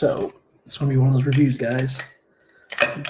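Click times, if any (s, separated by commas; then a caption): 2.8 s. Someone talks, then a plastic toy piece is snapped onto a DX Orca Booster 5050 toy vehicle, with short sharp clicks near the end. The piece snaps into place at 2.8 s.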